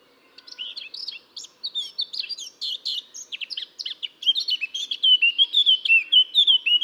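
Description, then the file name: Eurasian blackcap song: a soft, rambling twitter builds into a louder string of clear fluty whistles near the end. "Sylvia atricapilla"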